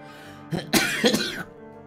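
One loud sneeze from a man startled on hearing his younger sister call him: a short, breathy catch of air, then a sharp, explosive burst that trails off quickly into quiet.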